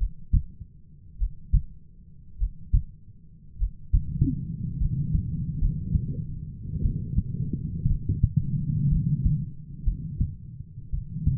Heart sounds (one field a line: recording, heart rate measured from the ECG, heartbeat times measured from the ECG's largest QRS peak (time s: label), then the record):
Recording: heart sounds by stethoscope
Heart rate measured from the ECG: 55 bpm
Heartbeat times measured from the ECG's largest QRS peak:
1.15 s: heartbeat
2.35 s: heartbeat
3.55 s: heartbeat
4.76 s: heartbeat
5.57 s: heartbeat
6.80 s: heartbeat
7.86 s: heartbeat
8.87 s: heartbeat
9.83 s: heartbeat
10.89 s: heartbeat
From the record:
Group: heart failure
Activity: breath hold 0-7 s, rest 7-11 s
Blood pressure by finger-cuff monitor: 68/37 mmHg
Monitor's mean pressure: 46 mmHg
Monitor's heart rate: 50 bpm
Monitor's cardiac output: 3.8 L/min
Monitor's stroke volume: 76 mL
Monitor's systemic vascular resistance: 810 dyn s/cm5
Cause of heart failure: dilated cardiomyopathy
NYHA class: 3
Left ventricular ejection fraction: 27%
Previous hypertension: present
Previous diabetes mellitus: present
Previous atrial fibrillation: present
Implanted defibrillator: present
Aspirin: present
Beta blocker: bisoprolol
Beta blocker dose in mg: 1.25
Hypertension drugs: sacubitril-valsartan, spironolactone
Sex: female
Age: 39 years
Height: 170 cm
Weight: 64 kg